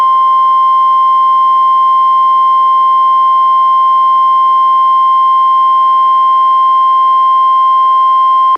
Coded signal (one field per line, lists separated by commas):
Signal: Emergency Alert System (SAME) tones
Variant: 1050 Hz attention tone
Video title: EAS #400-401: 2 NWR Required Weekly Tests- June 17-24, 2020